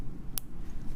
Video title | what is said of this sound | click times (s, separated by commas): JewelleryMaker LIVE 11/09/13 | so if you are making listen for the click cuz you can hear its quality when you get that click | 0.4 s